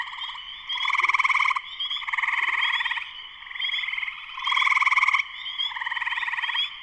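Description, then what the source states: Spring peeper chorus: a continuous wall of high piping calls, with louder bursts of buzzy pulsed trilling rising and falling repeatedly. Full chorus shortly after sunset, Sleeping Bear Dunes National Lakeshore, northern Michigan, USA.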